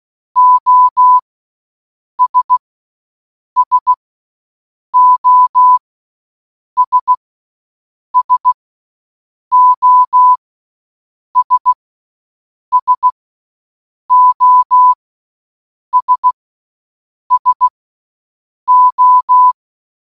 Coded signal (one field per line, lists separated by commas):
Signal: Morse code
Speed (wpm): 16 wpm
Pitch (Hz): 1000 Hz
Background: none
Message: OS SOS SOS SOS SO